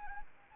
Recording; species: mosquito wingbeat signal from an infrared sensor; Anopheles arabiensis